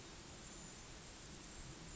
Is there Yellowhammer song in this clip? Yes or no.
no